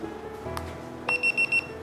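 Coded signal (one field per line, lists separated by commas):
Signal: none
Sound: dog collar's level beeps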